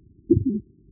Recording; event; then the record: neck accelerometer signal played as sound; voluntary cough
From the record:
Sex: female